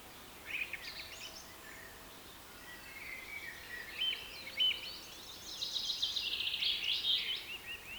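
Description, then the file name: Birds giving short chirps at first, then a stuttering high trill and chatter in the second half. Rain forest habitat. "KPR Sounds - Rain Forest Bird Sounds"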